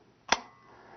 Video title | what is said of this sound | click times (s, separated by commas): Desert Eagle Video Operation Manual: 10. Magazine Disassembly and Reassembly | heard the quick that's the lock plunger locking | 0.3 s